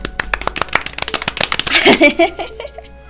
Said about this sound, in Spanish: ¡Un aplauso! ¡Hey!